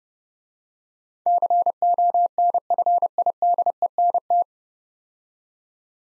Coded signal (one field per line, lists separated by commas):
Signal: Morse code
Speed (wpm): 28 wpm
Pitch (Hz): 700 Hz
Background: none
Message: CONFIDENT